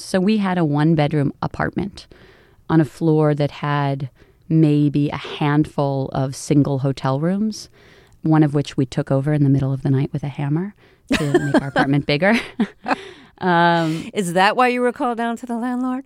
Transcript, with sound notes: So we had a one-bedroom apartment on a floor that had maybe a handful of single hotel rooms, one of which we took over in the middle of the night with a hammer to make our apartment bigger.
(Laughter) Is that why you were called down to the landlord?